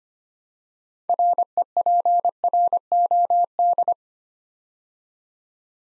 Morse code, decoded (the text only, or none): REPROD